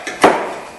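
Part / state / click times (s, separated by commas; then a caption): door panel clip in a car door / released / 0.2 s. A screwdriver is worked under the bottom of the plastic door panel on a 2001-2005 Ford Explorer, and the panel is pulled until its retaining clip pops loose. A faint tap at 0.1 s comes before a sharp pop at 0.2 s that rings and fades out, as the clip releases from the car door.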